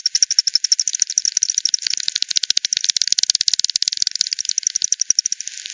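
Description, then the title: Bat echolocation as a dense rattle of clicks at first, settling into steady rapid ticking from more than one bat. Multiple bats at Hogsmill River, Hogsmill Lane, 7 October 2020, 18:10; bat-detector recording frequency-divided by 10, band-pass filtered and resampled. "WW bat 20201007 T 18 : 10 Z-Hogsmill-Lane-Hogsmill-River-multiple-bats"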